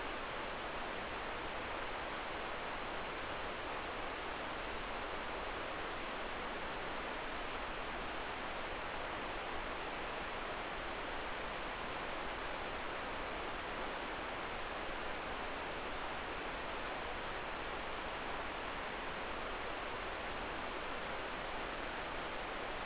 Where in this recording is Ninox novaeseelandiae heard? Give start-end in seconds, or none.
none